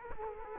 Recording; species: mosquito wingbeat signal from an infrared sensor; Culex quinquefasciatus